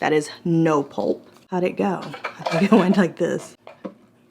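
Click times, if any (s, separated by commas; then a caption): 3.8 s. A woman talks while fitting the fine no-pulp plastic filter screen into the housing of a $29 Ninja Cold Press Juicer Pro. A short, sharp click is heard at 3.8 seconds as the filter locks into place, and it is seated.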